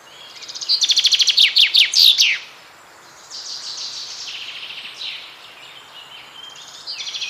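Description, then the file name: Common chaffinch song: a bright series of repeated notes ending in a short flourish, followed by softer chirps and trills. "Fringilla coelebs"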